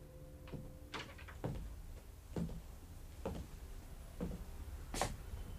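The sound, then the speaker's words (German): Knocking on a door, about seven sharp, hollow raps spaced unevenly over several seconds, each one loud against a steady low hum. No voices. “Dann klopfte es an der Tür.”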